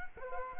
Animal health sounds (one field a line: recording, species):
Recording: mosquito wingbeat signal from an infrared sensor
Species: Culex quinquefasciatus